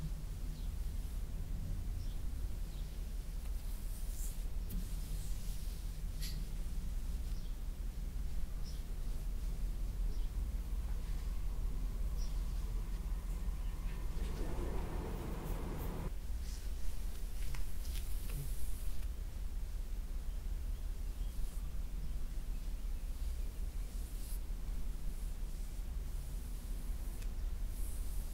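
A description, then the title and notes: Soft fabric rustling and light scratching against a steady low hum, with faint brushing ticks scattered throughout. Around the middle, a short burst of denser rubbing swells for a couple of seconds, then the quiet scratching continues at an even pace. ASMR back scratch, hair play & neck tingles on Emily no whisper (fabric sounds & back tracing).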